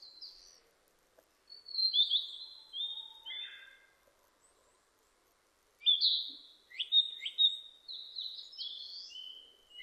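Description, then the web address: Narcissus flycatcher song: a phrase of falling whistles with a few lower notes, a pause, then a louder run of bright repeated slurred notes. Recorded 25 April 2006; given under the Japanese name kibitaki. "2006 060425 kibitaki"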